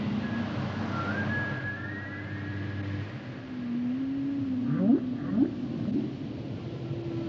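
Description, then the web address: Whale song: a slowly rising high tone, then a long level hum broken by two sharp upsweeps, over steady low rumble. "Natures Songs Whale Songs Whales and Dolphins - whale nature sounds songs"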